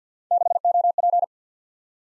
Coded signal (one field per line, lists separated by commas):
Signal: Morse code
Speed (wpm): 47 wpm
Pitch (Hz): 700 Hz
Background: none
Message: 6OP